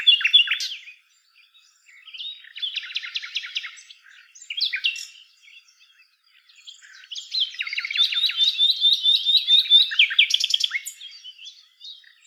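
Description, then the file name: Common nightingale song: varied phrases of rapid repeated notes, buzzy trills and whistles, separated by short pauses, with a long series of rapid notes near the end. "Luscinia megarhynchos"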